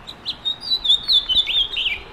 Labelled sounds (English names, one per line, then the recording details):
House Finch song
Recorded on Long Island, New York, on 5 June 2011
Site MA
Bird A